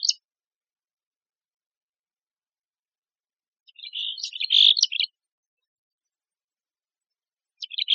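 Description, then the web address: Mexican Chickadee call notes: a brief chip, then after a pause a scratchy buzzy series, and another starting at the end. Part of the chickadees and allies set of the AZFO sound library, recorded by Deviche. "Sound Library Chickadees Allies AZFO MECH Deviche"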